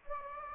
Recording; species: mosquito wingbeat signal from an infrared sensor; Anopheles gambiae